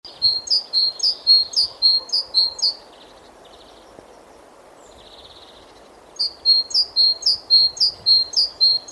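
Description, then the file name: Great tit calling in rapid runs of sharp, high paired notes, a long burst, a pause with a faint buzzy note, then another quick series. "Parus major"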